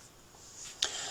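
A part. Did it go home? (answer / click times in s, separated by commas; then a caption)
yes / 0.8 s. The hex shank of an assembled sanding-pad attachment is pushed into the quick-release holder of a DEWALT 20V MAX XR cordless impact driver. After a quiet lead-in, a single short, sharp click at 0.8 s is followed by a faint hiss. The notch on the hex shank locks into the holder, and the attachment is seated.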